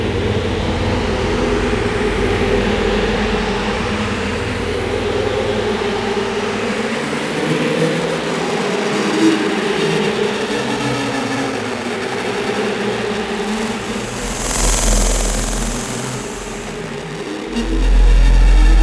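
A dark industrial background rumbles steadily, thick with low droning tones and a grinding mechanical texture like a passing vehicle or machinery. Around fifteen seconds a bright hissing burst rises over it, and near the end a deep heavy swell grows louder.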